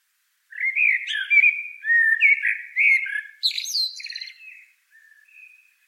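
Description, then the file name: Common blackbird song: a run of low fluted, warbling whistles followed by a high, squeaky twittered ending, then faint soft notes. "Turdus merula"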